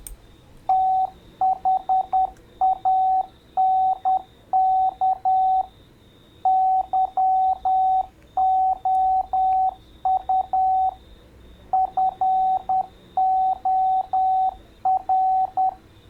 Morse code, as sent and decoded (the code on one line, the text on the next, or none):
- .... .- -. -.- / -.-- --- ..- / ..-. --- .-.
THANK YOU FOR